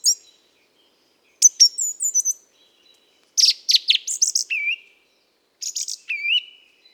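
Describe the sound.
Mistle thrush song: several phrases of sharp high notes, the later ones ending in a fluty slurred whistle, with clear silences between them.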